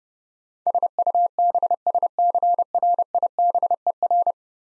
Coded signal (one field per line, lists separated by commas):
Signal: Morse code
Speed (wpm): 30 wpm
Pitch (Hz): 700 Hz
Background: none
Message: SUBSCRIBER